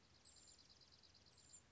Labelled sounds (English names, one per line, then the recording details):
Dark-eyed Junco
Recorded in Sonoma County, California